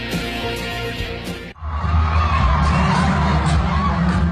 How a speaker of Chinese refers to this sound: 如果只听粉丝们的尖叫声，你可能以为这是某个明星的演唱会，但其实这只是在鸟巢进行的费雪单板滑雪比赛中的一个表演环节。